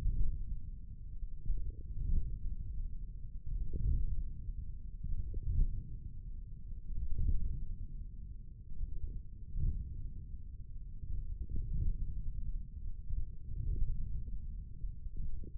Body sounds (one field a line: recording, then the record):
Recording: forearm muscle sounds (acoustic myography)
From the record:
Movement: wrist extension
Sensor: system 1, eight BSWA MPA416 microphones around the upper forearm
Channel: 1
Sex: male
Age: 42 years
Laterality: right